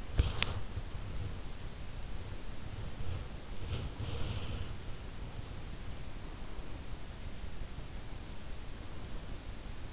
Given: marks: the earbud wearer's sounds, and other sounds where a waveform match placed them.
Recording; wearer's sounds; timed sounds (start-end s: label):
sounds in sleep by an in-ear microphone; body movement
0.00-1.36 s: body movement
3.44-5.00 s: body movement